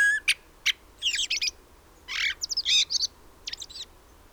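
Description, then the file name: Common blackbird giving scattered sharp, high chirps, a few short clusters of squeaky notes separated by quiet gaps. "Turdus merula"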